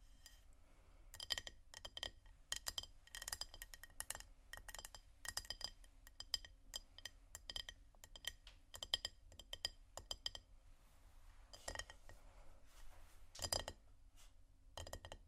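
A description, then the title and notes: Bright glassy taps and clinks come in quick irregular bursts, thinning after ten seconds, with a faint low hum underneath. Tapping, water, scratching, glass, bamboo.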